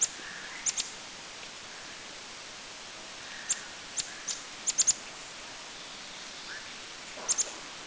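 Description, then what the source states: Chestnut-vented nuthatch giving very high, thin, sharp call notes, scattered singly and in quick pairs or triplets over a steady background hiss. Recorded in Thailand.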